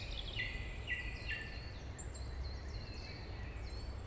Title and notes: Rte Forestière de la Meunaz, 73100 Montcel, France - Grive musicienne. Forêt domaniale du Montcel, vaste espace forestier , fréquenté par les grives et de nombreux oiseaux